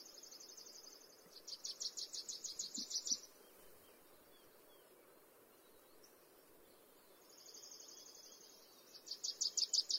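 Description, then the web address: Wilson's warbler song: quiet high chattering runs of quick repeated notes, several bursts with a long pause between, over steady background noise. Songbird of the western USA. "Songs of Birds of North America Western USA Songbirds. Wilsons Warbler"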